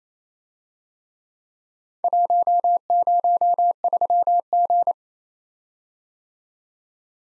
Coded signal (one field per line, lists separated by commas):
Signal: Morse code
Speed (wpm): 33 wpm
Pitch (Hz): 700 Hz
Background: none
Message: 103G